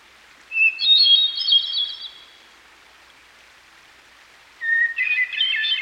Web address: Dan Gibson Songbirds By The Stream. Hermit Thrush